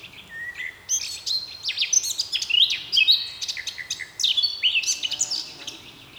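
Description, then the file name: Eurasian blackcap song: varied warbling of clear fluty whistles and quick scratchy notes, in two phrases separated by a short break. "Sylvia atricapilla"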